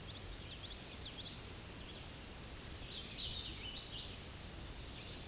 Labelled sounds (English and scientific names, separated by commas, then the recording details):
Hooded Warbler (Setophaga citrina) song
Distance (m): 40 m
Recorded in a Pennsylvania forest on 18 May 2023 at 09:16
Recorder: AudioMoth, point grid1_34_low
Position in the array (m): 229 m, 148 m